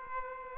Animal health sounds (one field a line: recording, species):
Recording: mosquito wingbeat signal from an infrared sensor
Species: Aedes aegypti